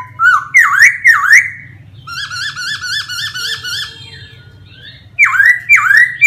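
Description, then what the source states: Laughingthrush song: three loud swooping whistles, a long run of rapid quavering notes, then more deep swooping whistles, with steady low hum in the background. Laughingthrush singing in a forest voice (giọng rừng).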